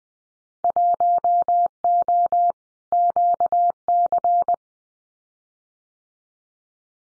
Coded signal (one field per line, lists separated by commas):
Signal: Morse code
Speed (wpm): 20 wpm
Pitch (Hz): 700 Hz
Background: none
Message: 1O QC